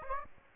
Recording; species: mosquito wingbeat signal from an infrared sensor; Aedes aegypti